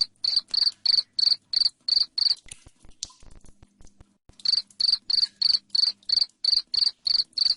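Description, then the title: Cricket chirping loudly in short, high buzzy pulses, with a break and a click midway before the steady chirps resume. Loud cricket chirping used to make lovebirds sing continuously. "Suara JANGKRIK NGERIK Keras Bikin LOVEBIRD Jadi NGEKEK Terus Vubey"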